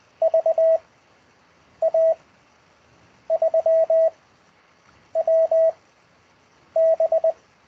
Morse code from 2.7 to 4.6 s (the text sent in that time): 3